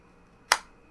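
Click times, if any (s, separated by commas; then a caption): 0.5 s. A knife is pushed into a custom kydex sheath and snaps into its retention with a single sharp click at 0.5 seconds, which rings briefly before fading into quiet background hiss. The knife seats into place relatively well.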